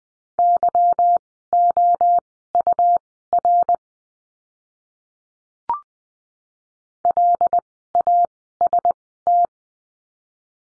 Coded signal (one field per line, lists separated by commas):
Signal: Morse code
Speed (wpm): 20 wpm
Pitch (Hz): 700 Hz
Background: none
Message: YOUR LAST